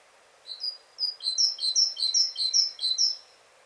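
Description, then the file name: Great tit calling a run of many short high notes that grow louder after the first few. "Parus major"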